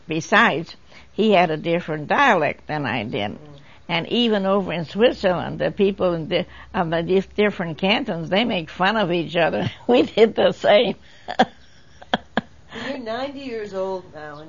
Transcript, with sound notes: Besides he had a different dialect than I did, and even over in Switzerland the people - of different cantons they make fun of each other (laughs) we did the same.
You're ninety years old now…